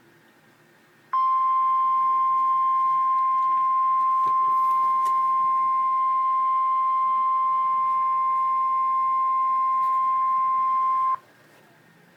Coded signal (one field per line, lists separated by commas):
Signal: Emergency Alert System (SAME) tones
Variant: 1050 Hz attention tone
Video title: REAL EAS 1008-Severe thunderstorm warning